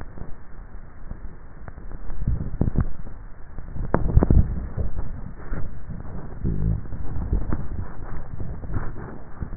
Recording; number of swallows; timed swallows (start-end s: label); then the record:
swallowing sounds by neck microphone; 3
2.08-3.02 s: swallow
4.88-5.75 s: swallow
8.28-9.08 s: swallow
From the record:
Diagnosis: dysphagia